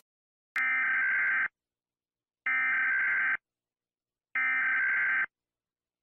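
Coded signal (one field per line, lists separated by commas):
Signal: Emergency Alert System (SAME) tones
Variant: header bursts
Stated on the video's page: Fake mock EAS scenario for a black hole approach, containing valid EAS tones.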